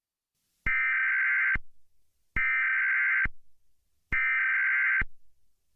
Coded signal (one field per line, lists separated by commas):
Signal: Emergency Alert System (SAME) tones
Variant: header bursts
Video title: EAS scenario | The Attack (PT. 1) | READ DESC.